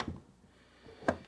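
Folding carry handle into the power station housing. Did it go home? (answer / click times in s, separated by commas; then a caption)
no / none. The fold-down carry handle of an ALLPOWERS S300 portable power station is moved against the housing. There are sharp plastic handling knocks at the start and near 1.1 s. The handle has not yet snapped into its stowed position, and nothing has seated yet.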